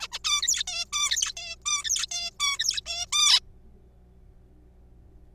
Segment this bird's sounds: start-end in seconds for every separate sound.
0.01-0.07, 0.12-0.19, 0.24-0.64, 0.67-0.85, 0.93-1.33, 1.37-1.56, 1.66-1.83, 1.85-2.06, 2.11-2.31, 2.40-2.58, 2.59-2.81, 2.86-3.06, 3.13-3.40